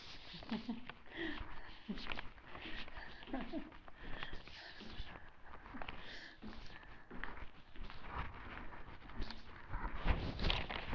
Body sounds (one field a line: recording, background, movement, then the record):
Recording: laughter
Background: quiet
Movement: walking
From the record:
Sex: female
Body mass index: 25.5 kg/m2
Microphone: on the chest, facing the body